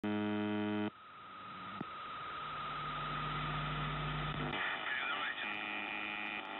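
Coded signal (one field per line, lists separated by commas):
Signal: channel marker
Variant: UVB-76 (The Buzzer)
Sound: a short harsh buzz, then hissing static with a wavering tone and low hum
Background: radio static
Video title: NZhTI S28 4625kHz USB 0757UTC 04/03/2023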